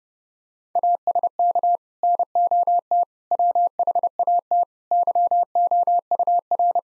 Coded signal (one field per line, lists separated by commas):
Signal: Morse code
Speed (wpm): 30 wpm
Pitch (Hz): 700 Hz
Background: none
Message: ASK NOT WHAT YOUR